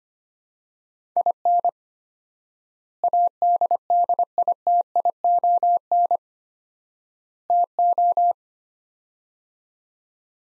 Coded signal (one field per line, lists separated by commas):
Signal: Morse code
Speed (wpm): 25 wpm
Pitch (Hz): 700 Hz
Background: none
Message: IN ADDITION TO